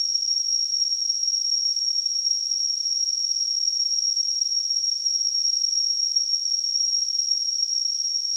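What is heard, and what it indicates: A steady, unbroken high-pitched tone near 6 kHz sits over a soft hiss, unchanging for about eight seconds. It is a simulated tinnitus sound, showing what a constant high ringing in the ears can be like.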